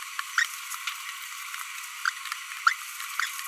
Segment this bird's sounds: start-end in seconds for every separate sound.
0.38-0.45, 2.06-2.10, 2.67-2.73